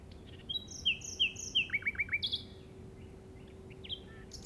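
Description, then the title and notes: Common nightingale phrase: three drawn-out whistles then a rapid series of falling notes, followed by a buzzy note and softer calls. Recorded in the Llobregat Delta at 06:00 on 8 May 2015 with a Zoom recorder. "Grabación de ruiseñor común (Luscinia megarhynchos) en el Delta del Llobregat a las 06:00 del 08/05/2015."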